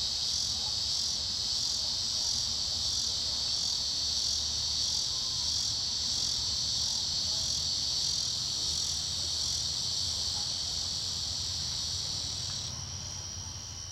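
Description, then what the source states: Cicada song, a steady high-pitched continuous buzz, shifting slightly in tone near the end. 2006.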